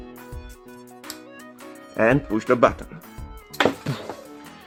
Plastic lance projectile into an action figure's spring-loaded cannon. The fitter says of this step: we can place it in position until it clicks and